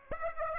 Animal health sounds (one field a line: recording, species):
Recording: mosquito wingbeat signal from an infrared sensor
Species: Aedes aegypti